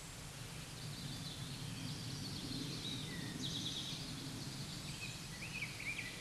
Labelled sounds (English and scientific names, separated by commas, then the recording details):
Eastern Towhee (Pipilo erythrophthalmus) song
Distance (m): 50 m
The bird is about 5 m above the microphone
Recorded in a Pennsylvania forest on 16 May 2024 at 09:33
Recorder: AudioMoth, point MSD-2287
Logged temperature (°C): 11.2 °C
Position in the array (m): 96 m, -4 m